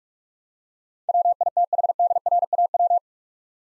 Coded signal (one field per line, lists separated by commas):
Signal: Morse code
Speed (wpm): 44 wpm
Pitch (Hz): 700 Hz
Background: none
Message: WITHDRAW